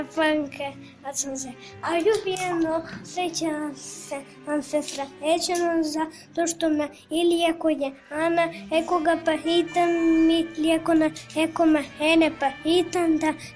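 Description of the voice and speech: A high-pitched child's voice speaks Serbian in short, hesitant phrases with frequent pauses and drawn-out vowels. The R sound is dropped in words like "sreća", a sign of rhotacism, a difficulty pronouncing R.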